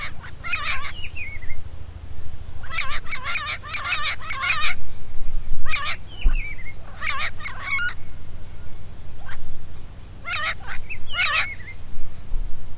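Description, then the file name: Bird calls in loud clusters of rapid, harsh warbling notes, some clusters trailing into a short whistled slur, over a low hum. "SABIOD 50 bird 2015"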